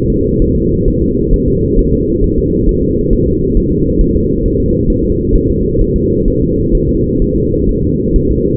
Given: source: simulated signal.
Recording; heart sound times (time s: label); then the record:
fetal heart sounds
0.10 s: S2
0.42 s: S1
0.56 s: S2
0.88 s: S1
1.02 s: S2
1.34 s: S1
1.48 s: S2
1.79 s: S1
1.93 s: S2
2.24 s: S1
2.38 s: S2
2.69 s: S1
2.83 s: S2
3.13 s: S1
3.27 s: S2
3.57 s: S1
3.72 s: S2
4.01 s: S1
4.16 s: S2
4.45 s: S1
4.60 s: S2
4.90 s: S1
5.05 s: S2
5.36 s: S1
5.50 s: S2
5.81 s: S1
5.96 s: S2
6.28 s: S1
6.42 s: S2
6.75 s: S1
6.89 s: S2
7.22 s: S1
7.36 s: S2
7.69 s: S1
7.83 s: S2
8.16 s: S1
8.30 s: S2
From the record:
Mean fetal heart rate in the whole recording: 130 bpm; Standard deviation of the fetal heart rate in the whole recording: 4 bpm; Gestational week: 38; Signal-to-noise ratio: -10.2 dB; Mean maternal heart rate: 72 bpm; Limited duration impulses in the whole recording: present